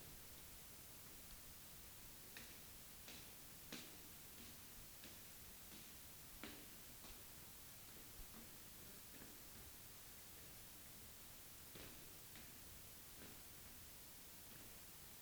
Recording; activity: daily activity, guitar pickup as the sensor; go downstairs